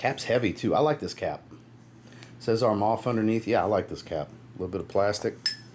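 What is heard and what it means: Someone talks while handling the heavy, partly plastic cap of a fragrance spray bottle, with a brief faint tap around 2.2 s. The cap has not yet been pushed home, and nothing has seated or clicked by the end of the clip.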